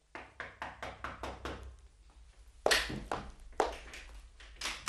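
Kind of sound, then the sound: household object, knocking on a door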